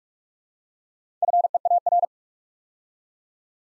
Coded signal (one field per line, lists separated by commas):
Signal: Morse code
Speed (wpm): 44 wpm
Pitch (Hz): 700 Hz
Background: none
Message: FEAR